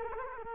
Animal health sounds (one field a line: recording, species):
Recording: mosquito wingbeat signal from an infrared sensor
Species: Culex quinquefasciatus